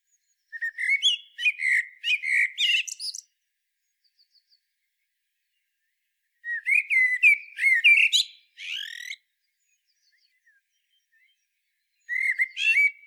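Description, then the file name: Common blackbird delivering three phrases of rich, varied whistling with high scratchy notes, separated by quiet gaps. "Turdus merula"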